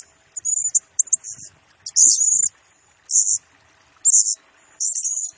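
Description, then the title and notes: Blue-crowned hanging parrot song of sharp, very high buzzy notes in short bursts, coming roughly once a second with short gaps between. Lure recording for training birds; energetic 'gacor' singing in the 'nembak' style, said to provoke other birds; 'nasteran' and lure sounds. "Burung Serindit Nembak Gacor Bikin Emosi Semua Burung. Suara Nasteran Dan Pemikat Burung Serinditan Gacor"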